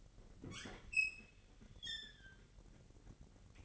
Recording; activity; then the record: daily activity, microphone in the room; open fridge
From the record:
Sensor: 4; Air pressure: 1002.7 hPa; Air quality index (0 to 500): 242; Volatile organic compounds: 17 ppm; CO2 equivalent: 2587 ppm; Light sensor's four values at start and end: 4/11/4/4 and 4/10/3/4